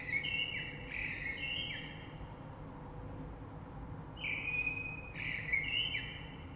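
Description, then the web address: Common blackbird singing two clear, fluting warbled phrases, both finishing in high twittery notes, with low background hum. Recorded 3 March 2020. "oiseaux Rush Merle 3-3-2020"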